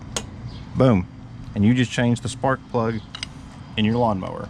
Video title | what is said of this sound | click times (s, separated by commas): How to change the spark plug in your mower! | reinstall the boot you will feel it click boom | 0.2 s